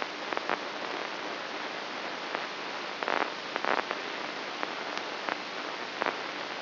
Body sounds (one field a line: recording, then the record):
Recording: brain microelectrode recording played as sound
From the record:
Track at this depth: outside the subthalamic nucleus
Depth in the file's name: 2.138 mm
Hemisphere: left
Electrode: 3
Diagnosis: Parkinson's disease